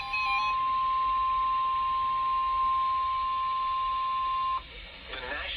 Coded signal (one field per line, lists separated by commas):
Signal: Emergency Alert System (SAME) tones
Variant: 1050 Hz attention tone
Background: speech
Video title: Flash Flood Warning on KEC80 (EAS Alert #52) - 6/08/19